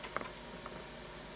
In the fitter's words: turn until it clicks lock your bushing back